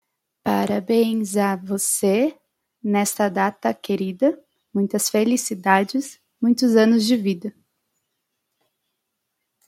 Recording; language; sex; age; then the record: short text; Brazilian Portuguese; female; 20 to 29 years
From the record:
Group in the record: control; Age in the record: 27 years